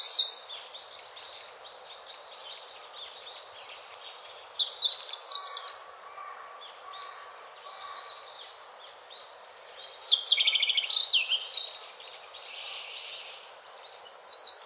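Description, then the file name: Siberian blue robin delivering three brief, high, rattling phrases spread throughout, against a busy backdrop of other birds' chirps and twitters. Recorded 27 April 2008. "koruri 080427"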